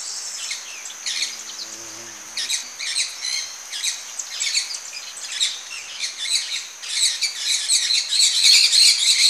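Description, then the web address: Maroon-tailed parakeets chattering in a busy stream of harsh, scratchy notes, with a thin, high, steady insect-like whine running underneath. Ecuador. "Birds of Ecuador. Maroon-tailed Parakeet"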